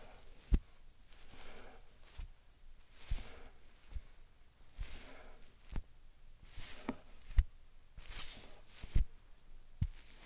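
Slime sand being handled, with soft squishing and crinkly, bright swishes that swell and fade every second or so. Sharp low taps or pops land irregularly, near 0.5, 3, 7.4 and 9 seconds, over an otherwise quiet background.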